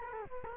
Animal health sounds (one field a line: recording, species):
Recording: mosquito wingbeat signal from an infrared sensor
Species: Culex quinquefasciatus